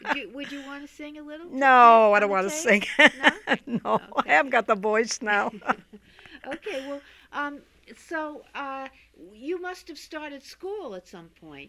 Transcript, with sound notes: Would you want to sing a little on the tape?
No, I don't want to sing.
No?
No. I haven't got the voice now. (they laugh)
Okay. So, you must have started school at some point.